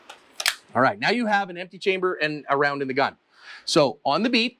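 A loaded pistol magazine is reinserted into the magazine well in the grip after the chamber has been cleared, giving sharp clicks at 0.4 s and 0.5 s as it seats. Someone then talks through the rest of the clip.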